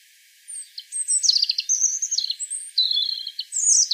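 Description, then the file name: European robin singing a continuous stream of high, sweet warbling and trilled notes. "Erithacus rubecula"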